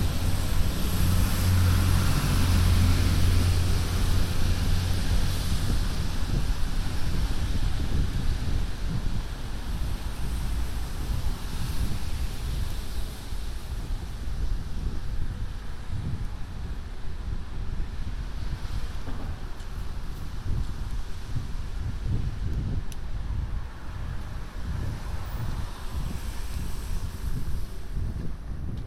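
Rain falls through a wet night with an umbrella overhead, a steady dense hiss that never lets up. Wind buffets the microphone in low, rumbling gusts, heaviest in the first few seconds, then settling into a softer, uneven thumping underneath the rain.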